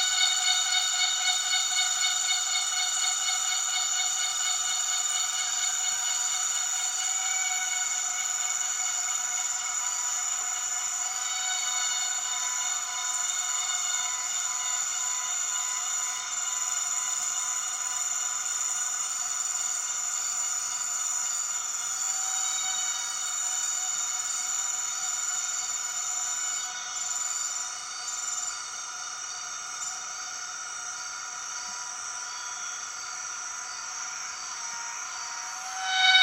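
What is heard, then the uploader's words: An empress cicada drones steadily, a dense, bright, pulsing whine made of stacked high tones that hold nearly unchanged for the whole stretch. The call eases slightly in loudness past the midpoint, with a brief dip near twenty-seven seconds and a sudden swell at the very end. The weird sound of the Empress cicada.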